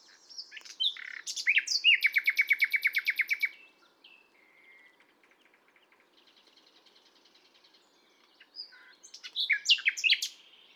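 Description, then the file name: Common nightingale song: a long, rapid series of repeated notes, a quiet stretch of faint ticking, then a new phrase of varied loud notes. "Luscinia megarhynchos"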